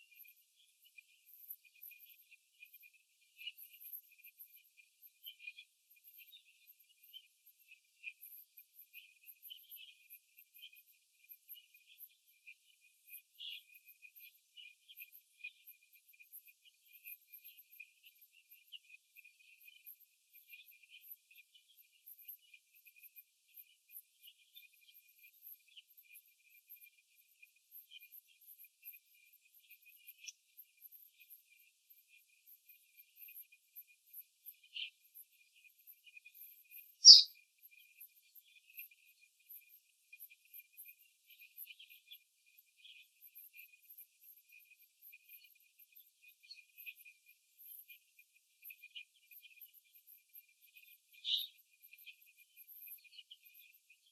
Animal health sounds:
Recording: young laying hens in a cage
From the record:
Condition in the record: after the stressor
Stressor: simulated dog barking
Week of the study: 2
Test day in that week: 2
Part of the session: 1

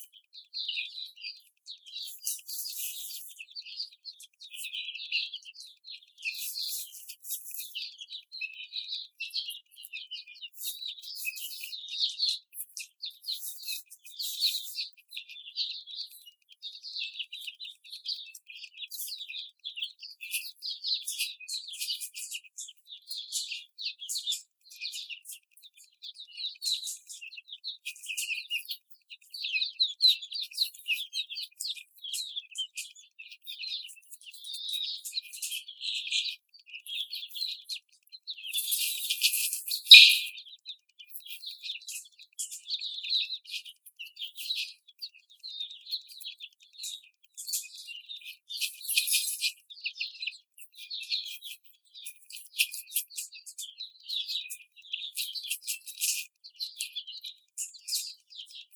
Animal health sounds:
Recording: young laying hens in a cage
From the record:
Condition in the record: after the stressor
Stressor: simulated dog barking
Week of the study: 4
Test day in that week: 2

